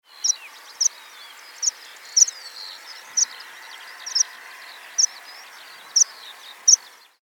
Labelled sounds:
Meadow Pipit
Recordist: Tembrock, Günter
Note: Rufe

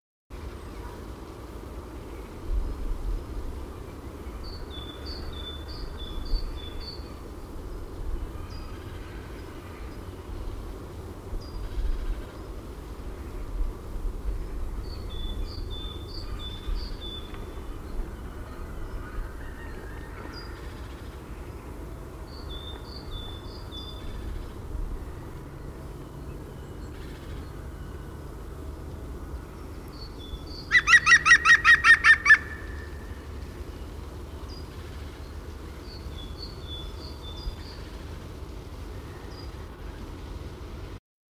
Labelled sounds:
European Green Woodpecker call
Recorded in the wild
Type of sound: call
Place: Schorfheide, Brandenburg, DE
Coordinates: 52.907, 13.531
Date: 1990-02-18
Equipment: Nagra III BH, Sennheiser MD 21, parabola
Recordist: Schubert, Michael
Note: Rufe Grünspecht

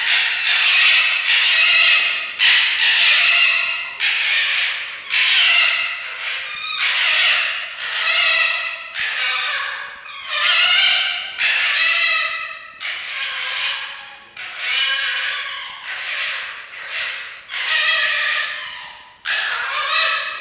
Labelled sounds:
Red Fox
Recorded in captivity
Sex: male
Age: adult
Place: Zoologisches Institut der HUB, Berlin, DE
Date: 1952-11-21 18:00
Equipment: Elmetra
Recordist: Tembrock, Günter

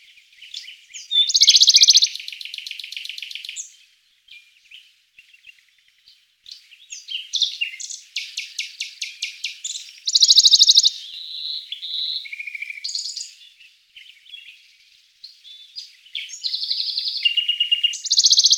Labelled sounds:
Western Bonelli's Warbler song
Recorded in the wild
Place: St. Laurent des Arbres und Umgebung, FR
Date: 2006-04-25
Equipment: MiniDisc Sharp MT 20 H
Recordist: Schwarz, Dieter

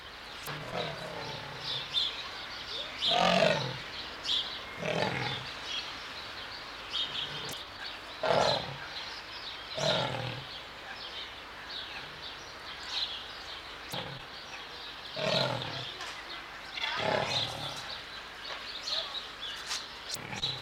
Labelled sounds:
Leopard
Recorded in captivity
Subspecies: orientalis
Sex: male
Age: adult
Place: Zoo Berlin, Berlin, DE
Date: 1995-03-04 13:14
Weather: heiter bis wolkig, 1 - 5 °C
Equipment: Marantz CP 130, Sennheiser ME 80, Kopie Uher Variocord 263
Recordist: Tembrock, Günter

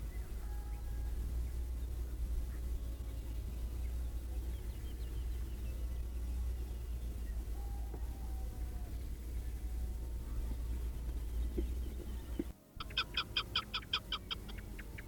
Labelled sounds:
Chukar call
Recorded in the wild
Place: Džebel, Khaskovo, BG
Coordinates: 40.42, 24.764
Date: 1974-05-30
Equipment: Nagra III BH, Sennheiser MD 21, parabola
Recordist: Schubert, Michael

